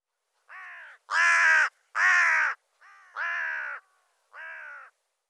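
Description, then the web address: Bird giving harsh, hoarse cawing calls, several in an uneven series, the second and third loudest, with short gaps between them and quiet background. "cianscape birddata"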